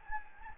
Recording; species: mosquito wingbeat signal from an infrared sensor; Anopheles gambiae